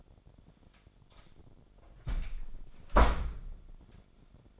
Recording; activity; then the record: daily activity, microphone in the room; close door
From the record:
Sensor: 5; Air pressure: 1007.4 hPa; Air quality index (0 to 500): 164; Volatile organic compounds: 4 ppm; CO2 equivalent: 1568 ppm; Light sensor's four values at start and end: 55/156/61/61 and 56/157/61/61